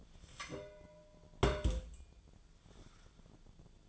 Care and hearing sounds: daily activity, microphone in the room; place on stove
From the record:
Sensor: 5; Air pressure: 1010.0 hPa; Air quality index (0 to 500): 155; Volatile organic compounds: 3 ppm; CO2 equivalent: 1508 ppm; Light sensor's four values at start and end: 246/595/254/280 and 242/585/250/275

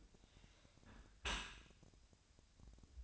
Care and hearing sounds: daily activity, microphone in the room; close dishwasher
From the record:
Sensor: 2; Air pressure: 1006.6 hPa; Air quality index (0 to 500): 201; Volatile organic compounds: 14 ppm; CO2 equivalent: 2459 ppm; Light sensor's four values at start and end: 9/21/9/9 and 9/21/9/9

